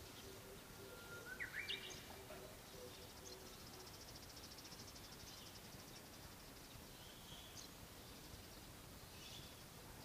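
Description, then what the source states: Evening cicada song, a faint high pulsed trill held for several seconds, after a brief whistle, over steady low background noise. Recorded in the morning; song written as kanakana.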